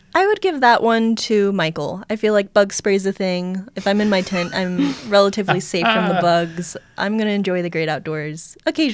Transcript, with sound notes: I would give that one to Michael. I feel like bug spray is a thing. [laugh] If I'm in my tent, I'm relatively safe from the bugs. I'm going to enjoy the great outdoors occasionally.